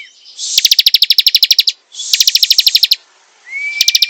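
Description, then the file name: Prinia singing fast, even series of dry clicking notes in two long bursts, ending with a rising whistle and a fresh ticking run. Singing vigorously, described as gacor. "prenjak gacor"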